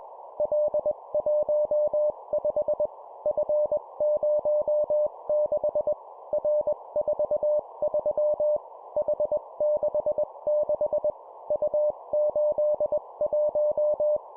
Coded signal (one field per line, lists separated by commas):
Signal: Morse code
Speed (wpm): 21 wpm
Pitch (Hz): 600 Hz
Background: none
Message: L15 F06 R43 H66 U81